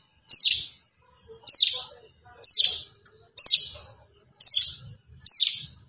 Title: Ciblek Sawah 1